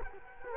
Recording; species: mosquito wingbeat signal from an infrared sensor; Culex quinquefasciatus